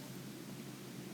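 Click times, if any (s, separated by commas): none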